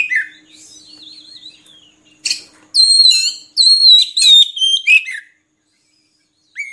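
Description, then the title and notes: Oriental magpie-robin song opening with a soft wavering whistle, then loud clear whistled notes in quick sequence, pausing before a short final note. Song for training birds to sing actively day and night. "Kacer Jadi Gacor Siang Malam. Isian Kacer Durasi Panjang"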